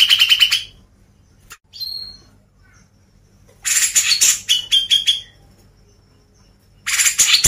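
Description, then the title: Grey-cheeked bulbul song in rattling, harsh chatter bursts, a short clear whistle after the first, then a pause before more chattering. Masteran recording, used for training cage birds. "MASTERAN CUCAK JENGGOT"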